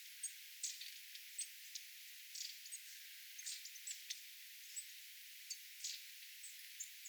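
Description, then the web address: Long-tailed tit calls: scattered short high ticks and brief buzzy bursts at irregular intervals, fairly quiet against steady hiss. Calls of a small flock of tits including long-tailed tits, 27 January 2026. "paivat 27 1 2026 pikkulintuparvi pyrstotiais tiaisparven aantelya"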